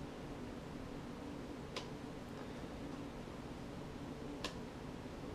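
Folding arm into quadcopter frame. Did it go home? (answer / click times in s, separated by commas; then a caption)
yes / 1.8 s, 4.4 s. The folding arms of an Immersion RC Vortex FPV quadcopter frame are pushed forward until they lock into position. Two sharp ticks stand out at 1.8 s and 4.5 s over a steady broadband hiss and low hum. Each arm seats firmly and locks in place.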